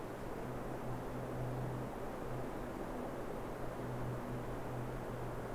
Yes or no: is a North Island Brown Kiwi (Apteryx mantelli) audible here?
no